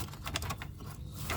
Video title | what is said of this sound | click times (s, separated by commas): Ford Mustang 4.0L V6: Fuel Filter Replacement! 2005-2009 | I pushed inward on this line here and I pushed this way on the filter and I heard this clicked on. | 0.4 s